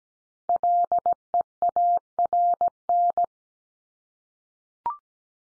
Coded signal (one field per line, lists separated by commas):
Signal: Morse code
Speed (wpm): 17 wpm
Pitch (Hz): 700 Hz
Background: none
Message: LEARN